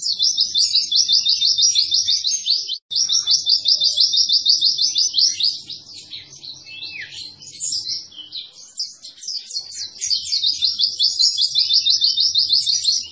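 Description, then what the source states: White-eye singing a continuous, very fast high trill, broken briefly near three seconds, with varied twittering phrases in the middle and faint low hum beneath. Training recording made for cage birds; described as an energetically singing bird (gacor).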